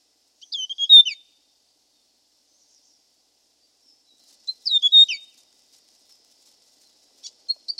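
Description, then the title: Hill prinia giving two matching bursts of high, jerky chirps with a falling final note, about four seconds apart, then faint ticking notes. "prenjk gnung. Suara burung prenjak gunung"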